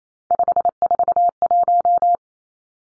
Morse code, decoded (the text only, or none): 541